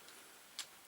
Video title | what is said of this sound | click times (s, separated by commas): 656. Yamaha TDM850 Restoration Project #11 - Servicing - Garage Video | click nothing wrong with clicking it twice | 0.6 s